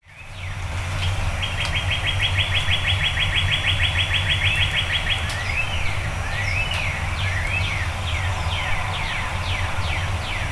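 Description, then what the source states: Birds: a fast even trill of repeated notes, then scattered rising and falling chirps, over a steady low rumble. Birds singing before dawn.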